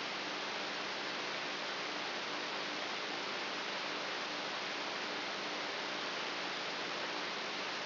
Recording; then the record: brain microelectrode recording played as sound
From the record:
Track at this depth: inside the subthalamic nucleus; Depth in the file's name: 2.84 mm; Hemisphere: right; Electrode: 3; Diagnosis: Parkinson's disease